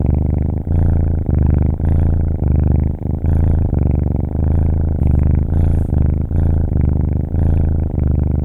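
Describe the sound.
Cat: a kitten purring, a steady deep rumbling purr pulsing in regular breaths, continuous throughout with no other sounds.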